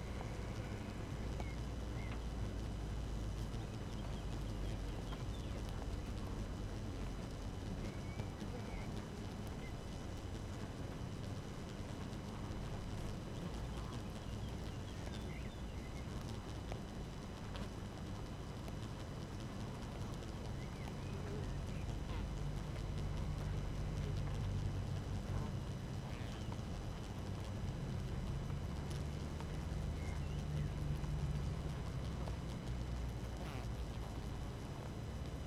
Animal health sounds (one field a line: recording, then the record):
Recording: honeybee colony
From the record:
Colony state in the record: active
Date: 12 June 2018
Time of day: 5:33